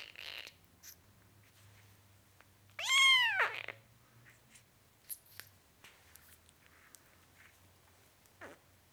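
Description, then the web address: Cat: kitten meowing: a single high, arched mew near the three-second mark, rising then falling, with faint clicks and a low hum between. Four-week-old kitten, meowing. "BBC Sound Effects Library Cats Four Week Old Kitten, Meowing"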